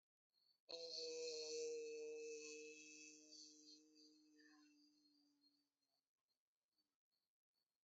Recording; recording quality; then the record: sustained vowel as in beet; excellent, no background noise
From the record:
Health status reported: healthy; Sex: female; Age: 42 years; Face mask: not worn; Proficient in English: yes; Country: India